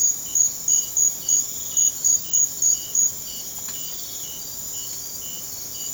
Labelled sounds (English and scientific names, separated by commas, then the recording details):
none
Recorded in secondary vegetation near Puerto Asís, Putumayo, Colombia, on 30 June 2025 at 01:30
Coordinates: 0.500, -76.326
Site GP08